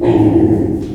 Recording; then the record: squeal of a Yucatan mini pig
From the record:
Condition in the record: before surgery on the right vocal fold (resection and tissue-engineered implant); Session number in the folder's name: 1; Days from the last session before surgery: -21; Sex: female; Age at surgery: 19 weeks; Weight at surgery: 25 kg